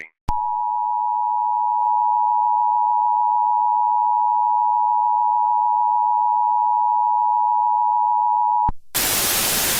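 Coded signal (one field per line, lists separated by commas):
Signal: Emergency Alert System (SAME) tones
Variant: 853 and 960 Hz attention tone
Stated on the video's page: Fictional EAS scenario, not a real alert.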